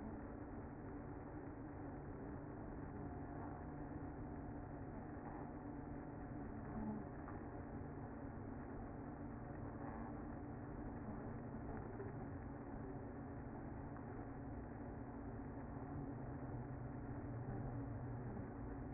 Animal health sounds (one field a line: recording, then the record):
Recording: honeybee colony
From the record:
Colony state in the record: active